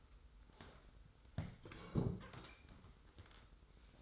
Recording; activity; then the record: daily activity, microphone in the room; sit down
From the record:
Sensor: 3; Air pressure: 990.5 hPa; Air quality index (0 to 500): 172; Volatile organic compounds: 1000 ppm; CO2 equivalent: 5563 ppm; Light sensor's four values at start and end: 39/92/37/36 and 39/91/37/36